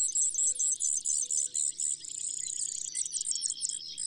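Brewer's sparrow song opening with a series of separate high notes, then breaking into a fast, buzzy trill.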